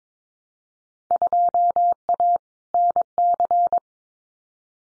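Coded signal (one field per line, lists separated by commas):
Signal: Morse code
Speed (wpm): 22 wpm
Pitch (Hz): 700 Hz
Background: none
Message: 2A NC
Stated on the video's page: Field Day exchange copying drill at 22 wpm; each exchange is sent in Morse, spoken, then sent again.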